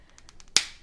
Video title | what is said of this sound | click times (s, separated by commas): Learn the Basics: Inks | that you place the caps back on, and you should hear those click | 0.6 s